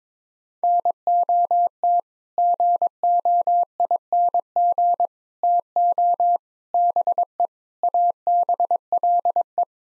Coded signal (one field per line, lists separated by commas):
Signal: Morse code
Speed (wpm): 21 wpm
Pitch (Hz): 700 Hz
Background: none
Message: NOT GOING TO BE ABLE